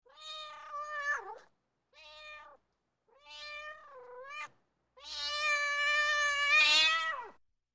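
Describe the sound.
Cat meowing four times with brief silences between, the last call longer and louder.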